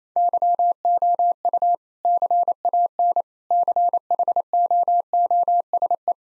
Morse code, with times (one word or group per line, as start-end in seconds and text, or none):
0.2-1.7 YOU
2.1-3.2 CAN
3.5-6.1 CHOOSE